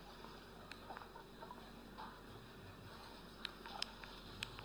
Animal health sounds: poultry house recording; healthy chickens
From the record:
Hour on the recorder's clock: 9

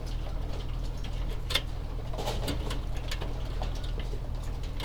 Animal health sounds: poultry house recording; healthy chickens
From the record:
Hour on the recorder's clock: 14

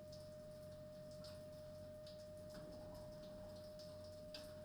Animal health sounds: poultry house recording; no chicken sound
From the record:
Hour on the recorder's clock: 21

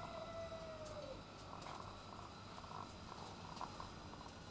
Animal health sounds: poultry house recording; sick chickens (respiratory disease)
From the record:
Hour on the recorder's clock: 13

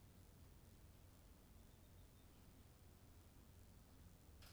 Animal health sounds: poultry house recording; healthy chickens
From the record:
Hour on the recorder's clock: 1

